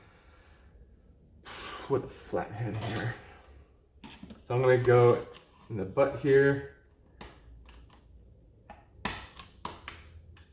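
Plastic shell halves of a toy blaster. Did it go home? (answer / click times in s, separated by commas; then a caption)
released / 9.0 s, 9.6 s. A flat-head screwdriver pries apart the plastic shell halves of a toy blaster at the grip, with the screws left in place. Someone talks at first, then sharp plastic clip pops ring out, with the clips popping open at 9.1 s and 9.7 s as the shell is released.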